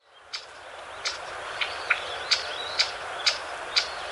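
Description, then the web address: Pale thrush giving crisp single tick calls about every half second, unevenly spaced at first and steadier toward the end, over a quiet hiss. Recorded in Taiwan. "白腹鶇"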